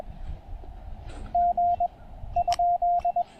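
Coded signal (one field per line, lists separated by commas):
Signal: Morse code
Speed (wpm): 21 wpm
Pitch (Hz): 690 Hz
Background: radio noise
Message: G ?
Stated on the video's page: POTA activation pile-ups on 20 meters using a Penntek TR-35 transceiver and a Chelegance MC-750 antenna.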